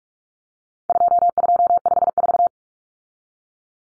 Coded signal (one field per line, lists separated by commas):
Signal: Morse code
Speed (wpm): 44 wpm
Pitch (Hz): 700 Hz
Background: none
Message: 2254